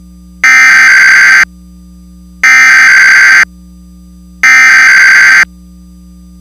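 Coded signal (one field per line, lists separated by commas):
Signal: Emergency Alert System (SAME) tones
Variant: header bursts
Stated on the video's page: Mock EAS tsunami alert for Guam and the Northern Mariana Islands; fictional, made with macros.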